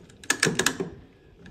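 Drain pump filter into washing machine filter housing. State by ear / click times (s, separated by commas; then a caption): seated / 0.3 s, 0.4 s. A plastic drain pump filter is screwed back into the filter housing of a Samsung front-loader washing machine, and after a couple of turns it clicks into its locked position. Sharp clicks land at 0.3 s and 0.4 s, followed by two more short clicks near 0.6 s and 0.7 s. The filter ends up locked in place.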